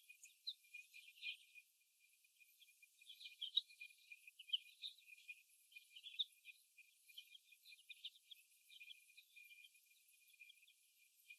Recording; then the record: young laying hens in a cage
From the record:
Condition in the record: before the stressor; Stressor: simulated dog barking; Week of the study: 1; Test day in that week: 1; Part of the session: 3